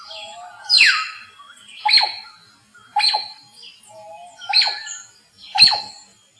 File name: white throated magpie jay